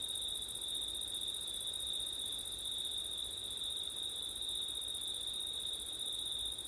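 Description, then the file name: Unbroken high-pitched cricket chorus, a constant shrill trill with an even higher hiss layered above, over soft background noise. Crickets recorded on a September night with wind. "crickets wind september night ortif"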